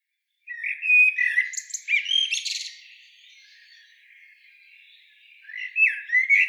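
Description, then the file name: Common blackbird song: a low fluted warble rising into a scratchy high twitter, then a pause before another mellow phrase begins at the end. "Turdus merula"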